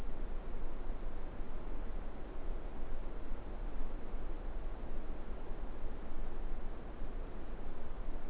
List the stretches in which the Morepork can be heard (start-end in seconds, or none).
none